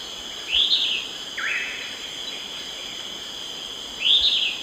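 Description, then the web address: Yellow-crowned elaenia dawn song: arched buzzy phrases repeated roughly every three and a half seconds, with a rising slurred note between, against steady high-pitched insect buzzing. Dawn song, recorded in the eastern lowlands of South America. "Natures Songs S America Eastern Lowlands. Myiopagis flavivertex, dawn song"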